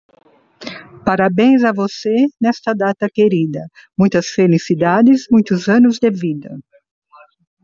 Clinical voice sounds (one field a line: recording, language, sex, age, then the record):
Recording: short text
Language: Brazilian Portuguese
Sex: female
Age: 60 to 69 years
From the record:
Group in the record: control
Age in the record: 64 years